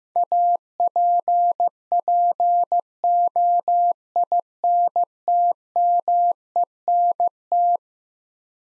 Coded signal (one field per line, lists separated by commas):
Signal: Morse code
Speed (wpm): 15 wpm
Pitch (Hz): 700 Hz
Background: none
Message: APPOINTMENT